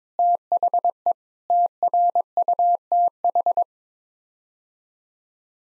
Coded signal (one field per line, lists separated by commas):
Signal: Morse code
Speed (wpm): 22 wpm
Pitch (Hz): 700 Hz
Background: none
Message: THE TRUTH